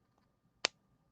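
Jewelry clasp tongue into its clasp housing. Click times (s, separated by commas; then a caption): 0.7 s. A push-button jewelry clasp, likely a metal box clasp, is closed so that its tongue seats into the clasp housing, unlike worn clasps whose flattened tongues pull open. A single sharp, bright click sounds at 0.7 s against near silence. The clasp shuts firmly and is judged an excellent closure.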